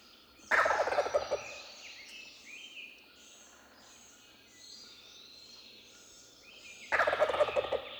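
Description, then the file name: Wild turkey gobbles twice, loud rattling bursts at the start and end, with small birds singing high repeated phrases between them. "Wild Turkey - Meleagris gallopavo"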